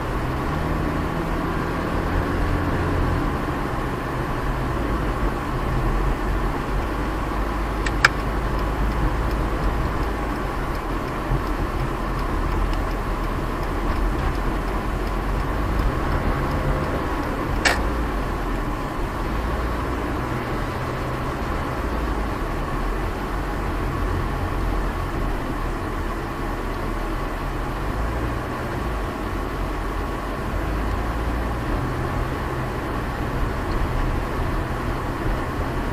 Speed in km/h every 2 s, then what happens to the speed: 37, 40, 44, 43, 39, 37, 37, 35, 33, 31, 31, 30, 27, 24, 24, 23, 28, 29.
0-6 speeds up to 43. 6-29 slows to 23.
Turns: none.